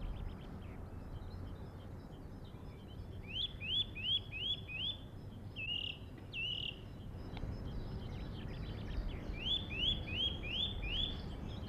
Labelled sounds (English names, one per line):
Song Thrush song